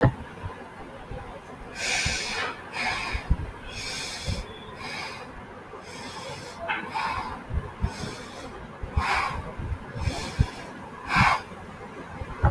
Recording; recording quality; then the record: deep breathing; excellent, no background noise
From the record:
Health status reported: healthy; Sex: male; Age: 43 years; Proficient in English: yes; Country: India